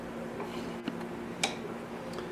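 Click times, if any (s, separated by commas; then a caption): 0.9 s, 1.4 s. A magnet-held footman part is pushed into one of three seating positions on a spinning wheel, held by high-power magnets. Over a faint steady hum, a small click sounds at 0.9 s and a sharper, louder click at 1.4 s as the part snaps into its seat.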